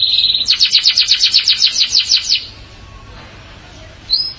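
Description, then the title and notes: Canary song: a rapid rhythmic trill of repeated high notes for two seconds, then quiet and one rising whistle. "BM Suara Kenari. BM Suara Burung Kenari"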